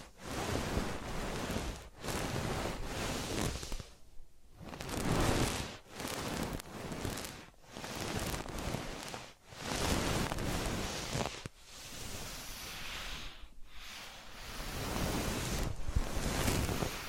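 Massage rubbing comes as dense, hissing swishes, each stroke lasting about two seconds and separated by short quiet breaks throughout.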